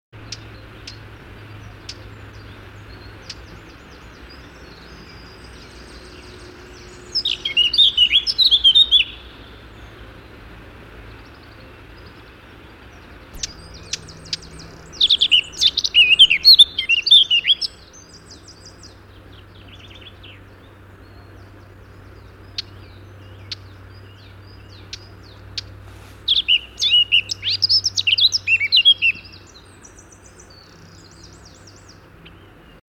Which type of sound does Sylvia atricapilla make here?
song